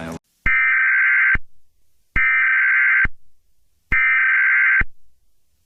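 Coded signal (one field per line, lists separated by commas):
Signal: Emergency Alert System (SAME) tones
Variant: header bursts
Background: speech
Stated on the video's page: Fictional plane crash scenario using valid EAS tones.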